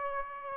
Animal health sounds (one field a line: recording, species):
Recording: mosquito wingbeat signal from an infrared sensor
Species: Aedes aegypti